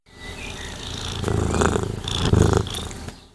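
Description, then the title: Cat purring, a low rough rhythmic rumble rising louder through the middle and fading at the end. Recorded in Céreste, Alpes-de-Haute-Provence, in May 2000. "Sylvain Jaskowiak - Animus. Chat - Céreste, Alpes-de-Haute-Provence - mai 2000"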